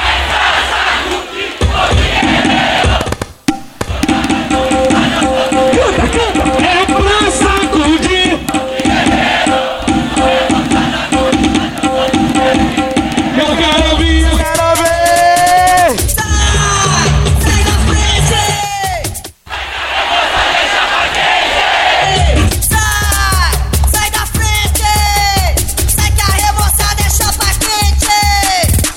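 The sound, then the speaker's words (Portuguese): A large crowd of Clube do Remo fans at a live concert at the Festa da Cerveja in Cidade Folia, October 2017, yells and cheers loudly and continuously, voices swelling together into a dense roar with rising shouts, broken only by two brief dips before surging back. “Balança aqui, bancada! Salta agora, coração.”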